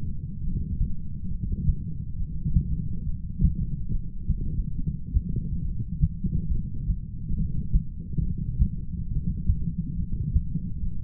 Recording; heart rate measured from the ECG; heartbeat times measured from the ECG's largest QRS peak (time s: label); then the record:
heart sounds by stethoscope; 69 bpm
0.43 s: heartbeat
1.30 s: heartbeat
2.17 s: heartbeat
3.05 s: heartbeat
3.91 s: heartbeat
4.77 s: heartbeat
5.64 s: heartbeat
6.51 s: heartbeat
7.36 s: heartbeat
8.22 s: heartbeat
9.09 s: heartbeat
9.97 s: heartbeat
10.82 s: heartbeat
From the record:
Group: heart failure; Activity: light exercise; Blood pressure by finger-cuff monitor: 113/73 mmHg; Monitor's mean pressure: 88 mmHg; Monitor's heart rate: 69 bpm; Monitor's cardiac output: 7.7 L/min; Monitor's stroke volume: 110 mL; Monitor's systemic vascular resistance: 840 dyn s/cm5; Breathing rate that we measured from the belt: 18 breaths a minute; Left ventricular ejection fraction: 25%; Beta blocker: metoprolol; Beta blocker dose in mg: 62.5 twice daily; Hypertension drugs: ramipril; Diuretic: furosemide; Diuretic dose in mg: 40 twice daily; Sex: male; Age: 57 years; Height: 180 cm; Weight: 90.5 kg